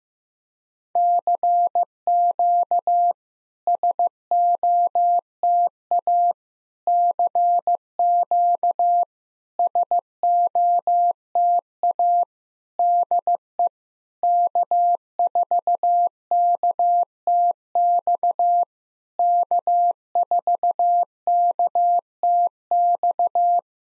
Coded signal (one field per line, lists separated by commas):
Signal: Morse code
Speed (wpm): 15 wpm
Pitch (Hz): 700 Hz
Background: none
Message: CQ SOTA CQ SOTA DE K4KTX K4KTX